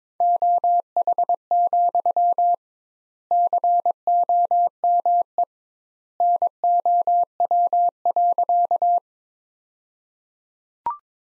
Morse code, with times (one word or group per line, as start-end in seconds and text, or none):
0.2-2.5 OH,
3.3-5.4 COME
6.2-9.0 NOW.